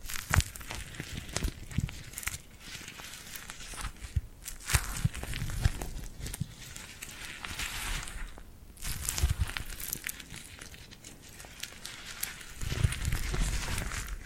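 Tingly glued hand sounds: dense, crackly sticky peeling and crinkling from hands, with sharp clicks and pops scattered throughout. The texture is bright and busy, with low thumps now and then, briefly thinning near 4 and 8.5 seconds before resuming.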